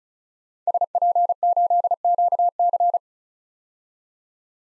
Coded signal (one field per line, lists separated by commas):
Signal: Morse code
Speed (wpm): 36 wpm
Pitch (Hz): 700 Hz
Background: none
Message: SP8QC